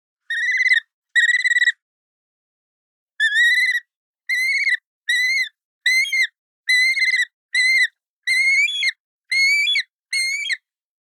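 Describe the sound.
Yellow-billed kite calling with a series of harsh, whistled chirps with strong harmonics, two short notes then about nine more repeated roughly every second.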